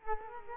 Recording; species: mosquito wingbeat signal from an infrared sensor; Culex quinquefasciatus